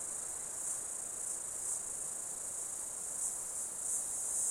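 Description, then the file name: Steady shrill insect drone with brief brighter surges now and then, layered over quiet outdoor hiss. Summer insect ambience in Australia. "AMBIENCE AUSTRALIAN SUMMER INSECTS 01"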